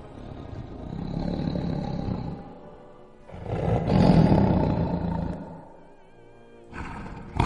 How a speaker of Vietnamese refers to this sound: Long tượng đứng trên bờ nhìn theo, gầm thét lên tức giận. Nó chạy theo được vài trăm mét thì mất dấu.